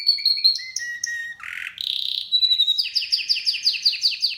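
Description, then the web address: Canary song: stepped whistled notes falling in pitch, a brief harsh burst, a buzzy trill, then a rapid series of repeated downslurred chirps. "Music Canary Canary Singing"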